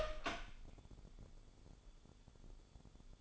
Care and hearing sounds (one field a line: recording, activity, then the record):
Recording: daily activity, microphone in the room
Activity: open door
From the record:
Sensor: 5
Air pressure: 1015.4 hPa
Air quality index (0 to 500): 205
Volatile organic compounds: 10 ppm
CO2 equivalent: 2223 ppm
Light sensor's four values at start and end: 29/65/25/22 and 28/65/25/22